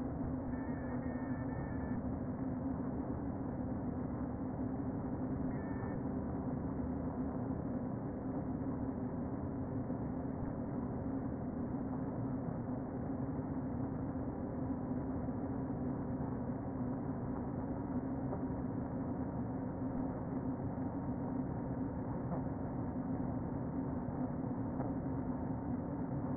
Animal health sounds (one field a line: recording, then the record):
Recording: honeybee colony, microphone inside the hive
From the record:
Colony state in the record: queen present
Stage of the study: before two queens were removed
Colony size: about 60,000 bees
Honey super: yes